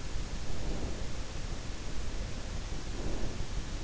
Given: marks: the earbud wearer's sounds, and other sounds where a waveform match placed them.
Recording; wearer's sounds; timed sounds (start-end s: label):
sounds in sleep by an in-ear microphone; breath
0.40-1.24 s: breath
2.87-3.32 s: breath